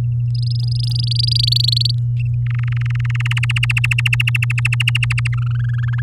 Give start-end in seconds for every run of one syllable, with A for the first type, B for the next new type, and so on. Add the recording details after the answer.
0.35-1.91 A, 2.46-3.39 B, 3.43-5.27 C, 5.33-6.00 D. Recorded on 9 May 2018 at 11:45. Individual llb16